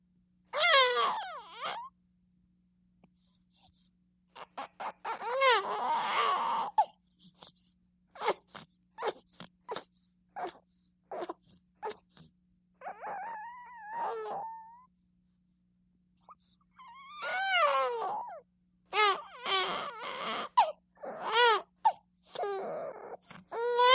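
Bouts of high wailing crying from a five-week-old baby, broken by short gasping breaths and whimpers.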